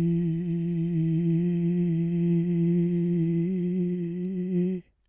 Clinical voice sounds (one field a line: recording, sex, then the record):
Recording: sustained vowel /i/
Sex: male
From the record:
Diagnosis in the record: Parkinson's disease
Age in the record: 65 years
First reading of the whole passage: 164 s, 3.2 characters per second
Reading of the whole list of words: 151 s, 1.9 characters per second